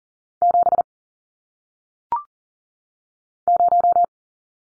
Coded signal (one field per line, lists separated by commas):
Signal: Morse code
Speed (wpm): 38 wpm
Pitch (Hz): 700 Hz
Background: none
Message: 7 0